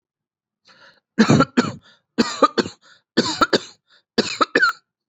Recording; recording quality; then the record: heavy voluntary cough; excellent, no background noise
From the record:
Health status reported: exposed to COVID-19, no respiratory illness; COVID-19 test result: negative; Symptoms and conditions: fatigue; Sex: female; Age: 29 years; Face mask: not worn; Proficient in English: yes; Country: India